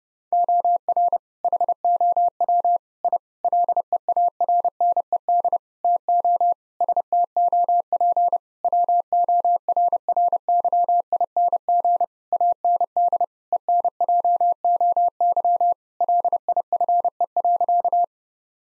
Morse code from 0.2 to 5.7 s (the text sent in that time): OR HOW I LEARNED